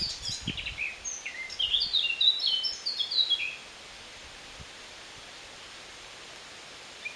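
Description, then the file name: Eurasian blackcap song opening with soft twittering and building to loud, fluty descending whistles, followed by several seconds of quiet and a faint note at the end. "Sylvia atricapilla"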